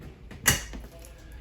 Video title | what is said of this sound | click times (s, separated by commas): 2021 Sandpiper 393RL Stock# 12565 | Pressing it back into place, you just hear that click. That's the strap locking it back in place. | 0.5 s